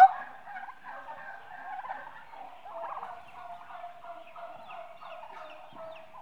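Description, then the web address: Turkeys giving soft, wavering, overlapping calls in a steady low chatter. 8-month-old domestic turkeys, a group of mostly hens, livestock. "BBC Sound Effects Library. 8 Month Old Turkeys- Mostly Hens"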